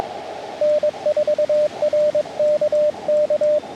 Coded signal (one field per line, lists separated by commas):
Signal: Morse code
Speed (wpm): 22 wpm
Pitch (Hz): 600 Hz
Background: radio noise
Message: N4RKK